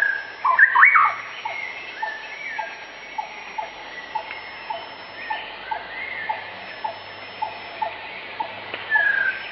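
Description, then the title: White-rumped shama song: a loud whistled phrase starts and ends the stretch, with soft, regular ticking notes repeated between them. Training (masteran) recording for pet songbirds; the murai batu is described as gacor, singing vigorously and continuously. "nightingale masteran. Suara Murai Batu Gacor"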